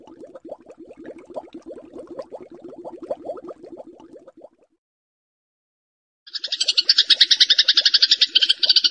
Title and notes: Kompilasi Suara Ciblek Prenjak Cocok Untuk Masteran. Kicau Burung Prenjak Ciblek